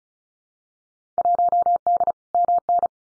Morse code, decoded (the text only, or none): 1D MN